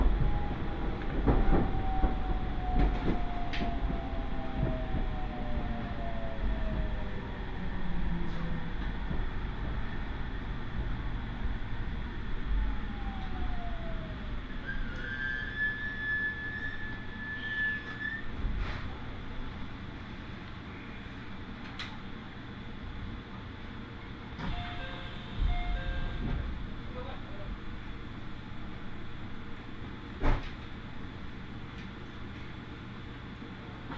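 Interior of an Iida Line train running from Mikawa-Makihara to Shinshiro, with a steady low rumble throughout. Sharp clicks and knocks from the wheels come irregularly, most sharply near 2, 19, 22, 26 and 30 seconds. Brief tones slide downward early on, and a thin whine sounds around 15 to 18 seconds.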